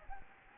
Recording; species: mosquito wingbeat signal from an infrared sensor; Anopheles gambiae